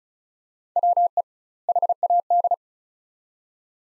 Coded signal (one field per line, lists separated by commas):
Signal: Morse code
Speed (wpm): 36 wpm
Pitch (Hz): 700 Hz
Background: none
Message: WE HAD